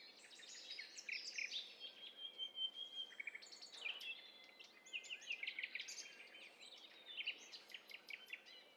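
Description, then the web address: Several birds chirping and trilling at once, quick high notes tumbling over one another in a busy, continuous tangle. Several birds calling simultaneously; stereo recording. "Hi Fi STEREO BIRD COCKTAIL PARTY Challenge"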